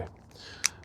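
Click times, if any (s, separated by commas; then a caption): 0.7 s. A carbon fiber and plastic leg of a CVLIFE CF 360 Picatinny bipod is swung into its deployed position on the bipod body. It locks with one sharp, bright snap at 0.7 s, with a faint tick before it and another after, seating the leg in its locked position.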